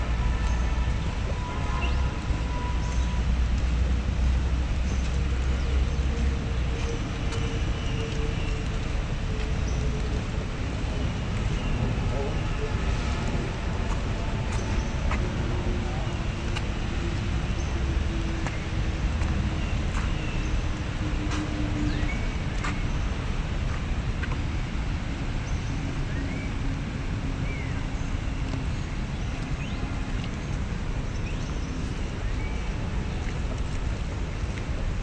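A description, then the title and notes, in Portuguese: Rain falls steadily on a walk through Central Park, a dense constant hiss over a low traffic rumble, with faint voices drifting past. Caminhando na chuva no Central Park em Manhattan Nova York.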